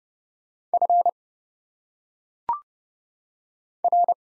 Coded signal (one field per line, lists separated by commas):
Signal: Morse code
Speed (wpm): 29 wpm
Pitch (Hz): 700 Hz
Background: none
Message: F R